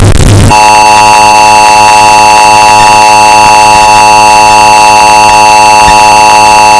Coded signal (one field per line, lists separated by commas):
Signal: Emergency Alert System (SAME) tones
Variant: 853 and 960 Hz attention tone